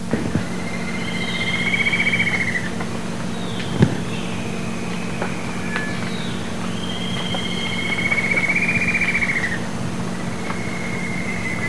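Bird calls: two drawn-out, slightly trilled whistles with fainter whistles between them, over a steady low mechanical hum.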